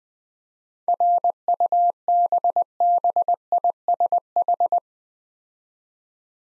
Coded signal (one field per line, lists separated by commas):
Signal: Morse code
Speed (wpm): 20 wpm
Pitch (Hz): 700 Hz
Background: none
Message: RUBBISH